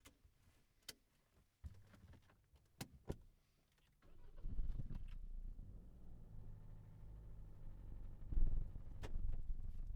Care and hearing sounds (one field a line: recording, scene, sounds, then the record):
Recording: everyday scene through a hearing-aid microphone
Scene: in a vehicle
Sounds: other noises, engine starting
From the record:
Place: Berlingo II, diesel engine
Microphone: behind the ear, left, rear